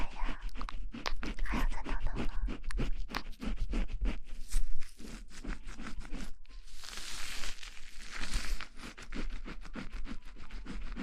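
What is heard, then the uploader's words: Fingers rapidly scratch and scrub shampooed hair, a dense stream of quick, crackly strokes running almost without pause. Around six and a half seconds the scratching stops briefly, giving way to a soft, hissy rubbing before the fast strokes resume. Shampoo wash hair.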